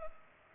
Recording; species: mosquito wingbeat signal from an infrared sensor; Culex pipiens